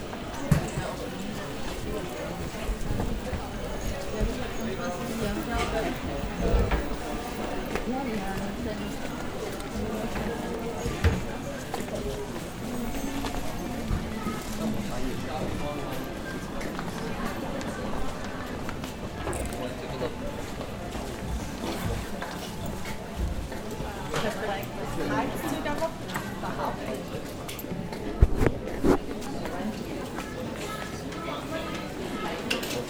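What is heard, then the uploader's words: Busy market crowd in Kyoto with steady overlapping chatter, shuffling footsteps, and scattered clacks and knocks, sharpest near twenty-eight seconds. 京都锦市场. Nishiki Market (錦市場), Kyoto, Japan. 是位于京都市中京区中部锦小路通中「寺町通 - 高仓通」区间的一条商店街。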